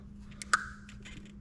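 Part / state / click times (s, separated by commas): wiring harness connector onto engine component plug / seated / 0.5 s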